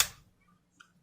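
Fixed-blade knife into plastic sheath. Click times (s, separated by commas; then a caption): 0.0 s. A fixed-blade knife is pushed back into its plastic sheath again and snaps home with a sharp, bright retention click at 0.0 s that quickly fades. A much fainter tick follows near 0.8 s. The knife is seated in the sheath.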